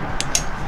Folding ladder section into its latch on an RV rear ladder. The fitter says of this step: snaps right into place